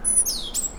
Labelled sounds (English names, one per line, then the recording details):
Stitchbird song
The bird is a male
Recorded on Tiritiri Matangi Island, New Zealand, in 2005
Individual 1, of nest box 1